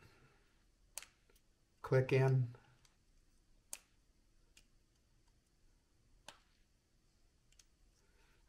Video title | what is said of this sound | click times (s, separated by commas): 3D Printed Coil Form with Uniform Diameter | you probably can hear that click | 1.0 s